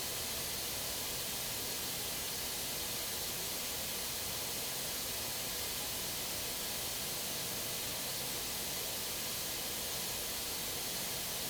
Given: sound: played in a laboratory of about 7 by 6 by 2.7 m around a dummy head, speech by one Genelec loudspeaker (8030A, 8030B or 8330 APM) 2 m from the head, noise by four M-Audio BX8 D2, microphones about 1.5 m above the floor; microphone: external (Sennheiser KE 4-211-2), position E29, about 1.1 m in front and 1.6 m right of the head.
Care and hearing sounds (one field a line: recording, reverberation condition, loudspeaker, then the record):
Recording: white noise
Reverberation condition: low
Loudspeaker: four, about 170 cm from the corners of the room and facing them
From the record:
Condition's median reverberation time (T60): about 310 ms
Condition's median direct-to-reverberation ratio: about 3.5 dB